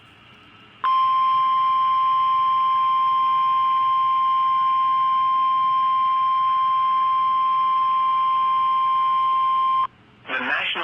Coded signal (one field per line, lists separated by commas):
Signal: Emergency Alert System (SAME) tones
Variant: 1050 Hz attention tone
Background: speech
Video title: LET'S GO UPTON... EAS Alerts from 3/3/20 (EAS 2305-2313)